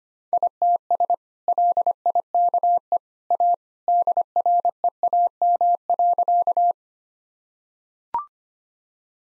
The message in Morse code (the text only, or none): ITS LIKE A DREAM.